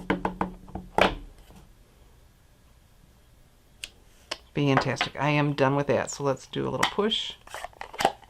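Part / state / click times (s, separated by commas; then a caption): plastic lid on a stamp ink pad case / seated / 8.0 s. The plastic lid of a stamp ink pad case holding Granny Apple Green ink is pushed closed and latches shut with a click at 8.0 s. Someone talks before it, and several short taps and knocks are heard earlier in the clip.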